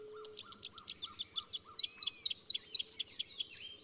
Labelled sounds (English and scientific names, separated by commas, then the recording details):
Rufous-capped Warbler (Basileuterus rufifrons) song
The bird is a male
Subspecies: salvini
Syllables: 32
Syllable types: 8
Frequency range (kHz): 2.8-7.3 kHz
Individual VN-GWS-M